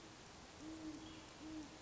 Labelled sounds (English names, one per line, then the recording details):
Great Horned Owl
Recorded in Sonoma County, California